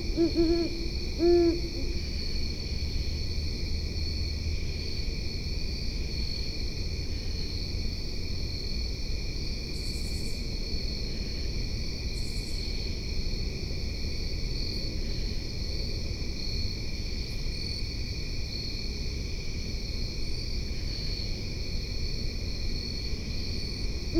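A deep owl hoot, possibly from a male, sounds in the opening second or two, low, then does not return. After that a steady low rumble and a constant high, even whine fill the background, with a couple of faint ticks midway.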